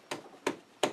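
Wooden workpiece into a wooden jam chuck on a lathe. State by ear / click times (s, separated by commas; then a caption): not seated / none. A wooden workpiece is pushed into a tapered wooden jam chuck on a lathe and tapped in by hand. Three sharp taps land at roughly 0.1, 0.5 and 0.8 seconds. Nothing has seated or popped into place yet.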